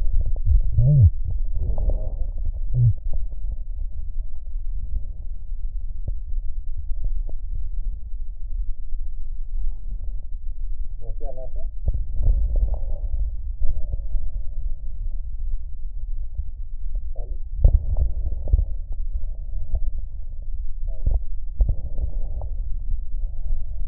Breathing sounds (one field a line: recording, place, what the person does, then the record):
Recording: lung sounds by stethoscope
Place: right posterior basal chest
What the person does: quiet breathing, then deep breathing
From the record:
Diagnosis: COPD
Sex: female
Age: 80 years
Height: 160 cm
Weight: 62 kg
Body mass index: 24.2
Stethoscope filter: extended mode